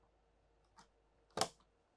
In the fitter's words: you'll hear it snap you'll need to do that to each of these filters in the front